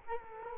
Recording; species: mosquito wingbeat signal from an infrared sensor; Culex quinquefasciatus